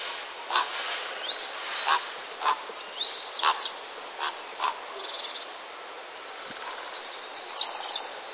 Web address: wroblowe ptaki krucze gody. wroblowe ptaki kruk